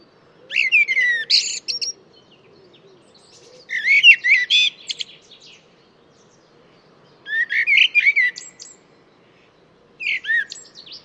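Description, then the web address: Bird song of four separate bursts, each a tumble of rising whistles and high scratchy notes, spaced about three seconds apart over a faint hum. "cianscape birddata Deverinetal 2025 Bird Only Tu Me Tu Me"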